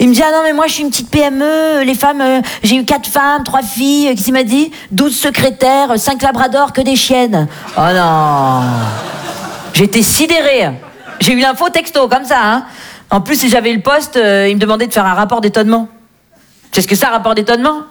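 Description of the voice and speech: A woman tells a comic story in fluent, lively French about a job interview, with an exaggerated falling "oh non"; speech is normal.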